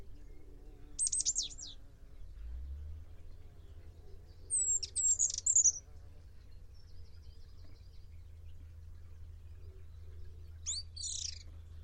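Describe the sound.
Bird giving three short clusters of thin, high chirps, plus a faint buzzy trill between them, with a low droning hum underneath.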